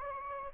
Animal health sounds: mosquito wingbeat signal from an infrared sensor; Anopheles gambiae

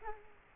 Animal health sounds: mosquito wingbeat signal from an infrared sensor; Culex quinquefasciatus

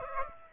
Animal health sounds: mosquito wingbeat signal from an infrared sensor; Aedes aegypti

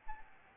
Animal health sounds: mosquito wingbeat signal from an infrared sensor; Aedes albopictus

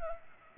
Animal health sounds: mosquito wingbeat signal from an infrared sensor; Culex pipiens

